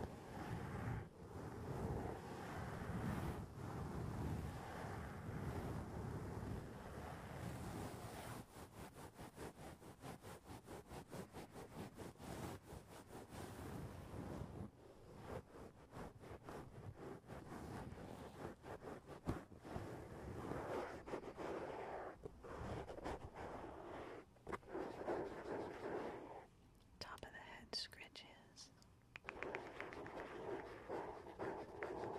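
Rapid, muffled tapping on a foam house roof over a steady rushing rumble, quickening around eight seconds, with brief squeaky tones near twenty-eight seconds.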